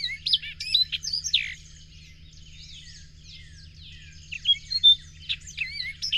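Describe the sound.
Bird song of quick varied chirps, slurred whistles and trills, loud at first, softer in the middle, then louder again toward the end; low droning hum throughout.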